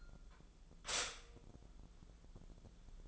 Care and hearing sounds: daily activity, microphone in the room; stop toaster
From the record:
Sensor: 5

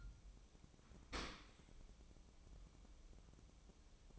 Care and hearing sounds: daily activity, microphone in the room; open dishwasher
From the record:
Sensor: 1

